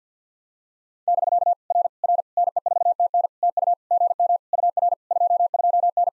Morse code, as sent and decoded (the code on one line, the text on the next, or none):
-...-.- / .-. / .-. / -. . ....- - -. / - ..- / --. -- / ..- .-. / ..--- ..--- -.
<BK> R R NE4TN TU GM UR 22N